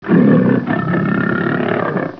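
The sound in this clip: Lion roar: a loud, deep, rough blast that eases into a sustained, grating rumble.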